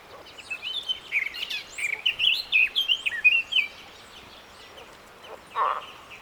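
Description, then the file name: Eurasian blackcap song: a busy warble of quick notes for about three seconds, then a pause and one brief lower burst. "Sylvia atricapilla"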